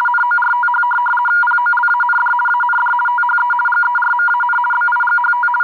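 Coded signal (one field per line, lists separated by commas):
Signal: RTTY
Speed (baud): 50 baud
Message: NORTH POLAND AND THE GERMAN BIGHT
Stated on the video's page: RTTY on 4585 kHz LSB received on a Tecsun PL660 radio.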